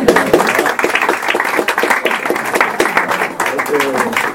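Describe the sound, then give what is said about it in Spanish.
An audience at a book presentation applauds a poem reading with dense, steady clapping that carries on throughout, with murmured voices blended into the crowd noise and a brief voice rising near the end. “Un aplauso para ti.”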